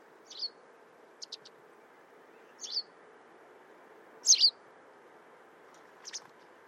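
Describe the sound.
White wagtail calls: short, sharp high chirps given singly or in quick groups, five bursts scattered over several seconds above a steady low background hiss.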